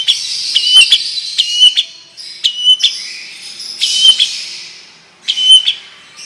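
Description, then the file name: Long-tailed shrike singing in separate bursts of harsh chatter and clear whistled notes, with short silent gaps between phrases. Long rolling song style (ngerol panjang); bird singing vigorously (gacor). "Burung Cendet Ngerol Panjang Gacor"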